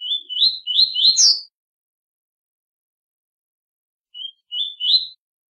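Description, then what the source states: Double-collared seedeater song: a rapid series of rising slurred whistles ending in a high upswept note, then after a silence a shorter three-note phrase. Short song in the tui-tui style.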